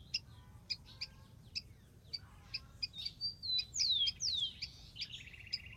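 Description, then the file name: Rufous-collared sparrow song: a thin level whistle then two sweeping downslurred notes, amid busy chirping, followed by a buzzy trill. "canto do tico tico"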